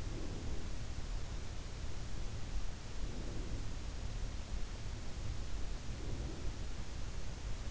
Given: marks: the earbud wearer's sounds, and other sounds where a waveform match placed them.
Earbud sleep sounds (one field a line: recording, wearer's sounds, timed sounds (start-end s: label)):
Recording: sounds in sleep by an in-ear microphone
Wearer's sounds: breath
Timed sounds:
0.00-1.06 s: breath
2.76-4.18 s: breath
5.66-7.13 s: breath